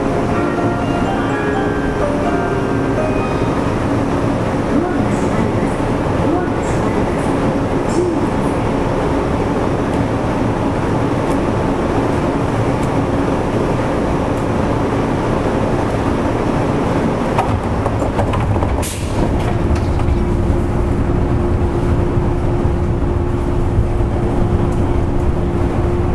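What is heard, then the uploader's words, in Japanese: Inside a commuter train running on a city loop line, the ride is a steady, dense rumble with a low motor hum and faint squeals. Around 19 seconds a sharp clatter passes, after which a clearer, steady whine holds through the end. JR103系電車の走行音です。JR西日本の環状線外回りにて収録しました。区間は、天王寺から大阪までです。JR103系 天王寺から大阪まで 環状線外回り。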